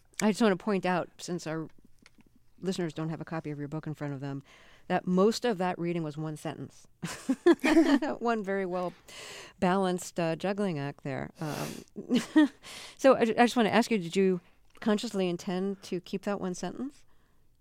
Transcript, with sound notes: I just want to point out, since our listeners don't have a copy of your book in front of them, that most of that reading was one sentence.
(SOUNDBITE OF LAUGHTER)
That one very well-balanced juggling act there. So I just want to ask you, did you consciously intend to keep that one sentence?